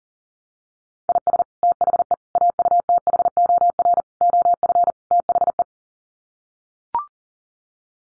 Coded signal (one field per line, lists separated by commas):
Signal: Morse code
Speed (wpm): 40 wpm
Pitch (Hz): 700 Hz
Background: none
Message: IS THE AUTHOR OF THE